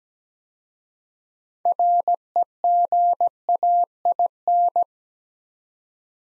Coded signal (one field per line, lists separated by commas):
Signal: Morse code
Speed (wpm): 17 wpm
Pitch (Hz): 700 Hz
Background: none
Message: REGAIN